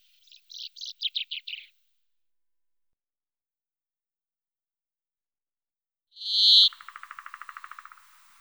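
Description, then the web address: Common chaffinch song: a short series of bright notes descending in pitch, then a pause followed by a loud sharp note and a dry buzzing rattle. Wetland area at Sissonne. "Sissonne Pinson-des-arbres"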